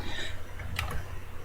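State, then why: Not seated. A bobbin case is pushed into a sewing machine shuttle over a low steady hum, with a brief sharp tick near 0.8 s. The bobbin case fails to pop in, and nothing has seated or clicked yet.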